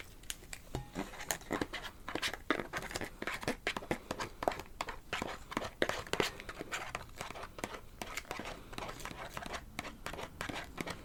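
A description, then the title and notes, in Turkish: Someone eating çiğ köfte, with wet, sticky mouth sounds and chewing clicks packed densely and irregularly across the whole stretch. Sharp smacks and crinkly snaps pop out every fraction of a second over a soft, continuous rustle, with no pauses. Çiğköfte Yeme Sesi Asmr.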